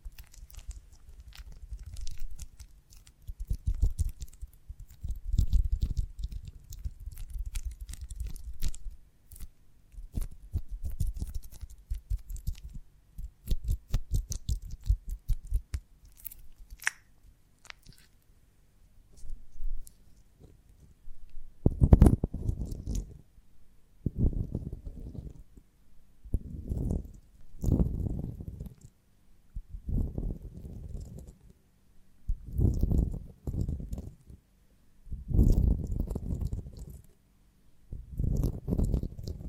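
Chewing and crunching sounds from eating a honeycomb on a branch. For the first twenty seconds, rapid, dense bursts of crisp clicks and crackles come in clusters. After that, heavier, deeper chewing bursts arrive every two to three seconds, separated by short pauses.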